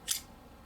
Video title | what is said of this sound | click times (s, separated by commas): Kershaw Swerve - Viewer Request Unboxing & Review | Hear that nice snappy sound. It's got really good lockup. | 0.1 s